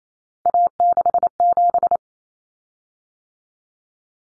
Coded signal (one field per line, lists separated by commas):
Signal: Morse code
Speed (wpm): 28 wpm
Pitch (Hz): 700 Hz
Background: none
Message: A67